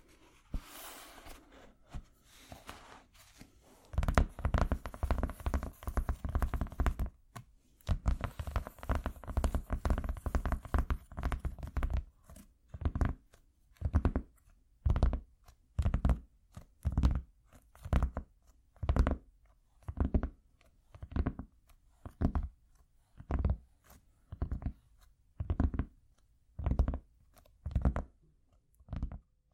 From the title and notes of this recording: ASMR Cork Galore （No Talking）.